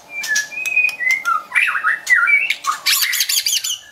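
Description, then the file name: White-rumped shama song: varied whistled phrases, sliding and warbled notes mixed with sharp clicks and a rapid buzzy rattling burst near the end. Wild bird from forest near Medan, singing actively (gacor). "suara burung murai batu hutan medan gacor"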